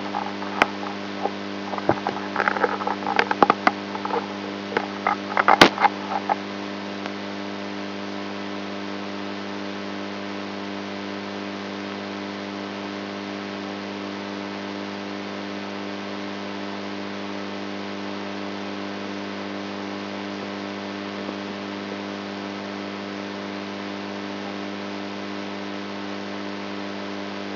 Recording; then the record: brain microelectrode recording played as sound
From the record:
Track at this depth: inside the subthalamic nucleus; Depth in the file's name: 3.121 mm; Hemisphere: right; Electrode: 3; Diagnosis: Parkinson's disease